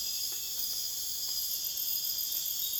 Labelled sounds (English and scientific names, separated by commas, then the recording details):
none
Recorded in dense forest near Puerto Asís, Putumayo, Colombia, on 22 June 2025 at 23:30
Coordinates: 0.484, -76.325
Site H65